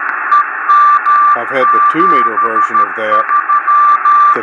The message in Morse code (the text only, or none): EM73